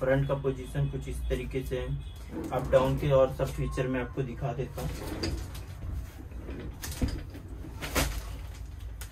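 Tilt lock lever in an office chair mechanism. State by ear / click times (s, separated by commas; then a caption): seated / 9.0 s. A tilt lock lever in an office chair mechanism is pushed inward to engage the chair's recline lock while someone talks, with bird cooing in the background. A short sharp click at 9.0 s marks the lock seating, confirming the recline lock has engaged.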